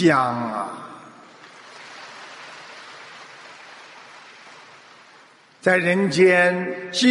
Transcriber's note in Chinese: 掌声